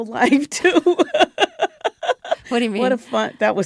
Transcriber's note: soundbite of laughter